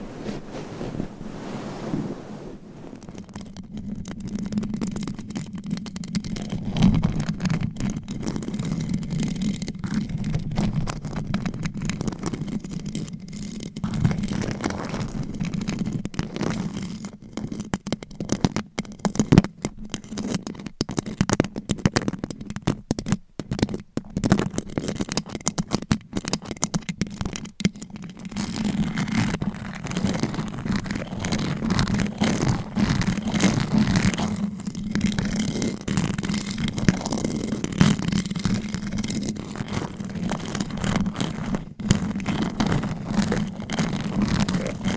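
Mic scratching with claws fills the recording: a dense, continuous rasping with a low rumbling hum underneath and a constant thin hiss above. Sharp scratchy clicks and crackles come in quick bursts, thickest between about 17 and 28 seconds, with the scraping steady throughout.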